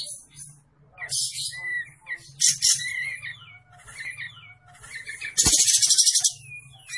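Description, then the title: Olive-winged bulbul singing a rambling mix of scratchy chatter and brief whistled notes, with a loud harsh buzzing burst near the end; a steady low hum runs underneath. Olive-winged bulbul singing vigorously (gacor); training recording (masteran) for cage birds. "Masteran Kapas Tembak Gacor"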